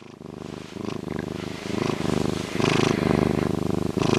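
Bobcat purring softly at first, then growing stronger: a throbbing low rumble with a few brief hissy breaths.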